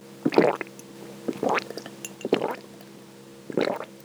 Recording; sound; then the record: sound for misophonia research; swallowing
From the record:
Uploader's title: Gulping Water.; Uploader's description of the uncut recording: Drinking water, gulping. Recorded with iPhone 6, using the app SampleWiz. I recorded this as I drank the water holding phone to neck. The app lets you save the sample and email it to yourself. Its saves the sound file as an AIFC. I then brought it into Adobe Audition CS6 to edit. Recorded on 11/3/2015 in Boston Ma. USA.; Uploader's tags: swallow, drinking, swallowing, water, sipping, drink, ah, gulp